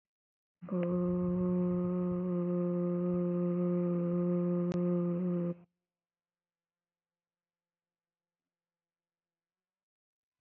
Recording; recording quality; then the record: sustained vowel as in boot; excellent, no background noise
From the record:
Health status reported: healthy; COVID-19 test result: not tested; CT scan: not taken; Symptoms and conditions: cough, cold, fever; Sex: female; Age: 31 years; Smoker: no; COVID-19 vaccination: both doses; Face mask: not worn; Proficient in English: yes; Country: India